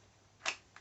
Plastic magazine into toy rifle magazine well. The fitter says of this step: click that in like that until you hear it lock in that won't come out unless you actually press